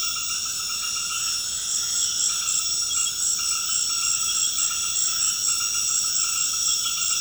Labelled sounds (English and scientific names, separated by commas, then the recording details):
none
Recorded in secondary vegetation near Puerto Asís, Putumayo, Colombia, on 19 February 2024 at 19:30
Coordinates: 0.472, -76.331
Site G6371